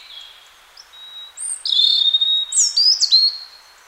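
Robin song opening with a soft thin whistle, then louder sliding notes and a quick flourish of high, liquid twitters.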